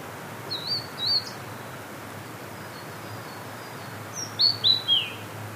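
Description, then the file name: Blue-and-white flycatcher song, a short whistled phrase of two or three slurred notes, then after a pause a longer phrase of three descending warbled notes, with constant background hiss. "oruri"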